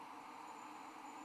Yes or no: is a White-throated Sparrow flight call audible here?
no